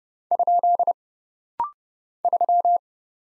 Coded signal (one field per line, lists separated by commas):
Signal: Morse code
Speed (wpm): 29 wpm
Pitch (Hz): 700 Hz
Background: none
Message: ? 3